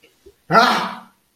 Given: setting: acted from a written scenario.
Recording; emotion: vocal sound without words; fear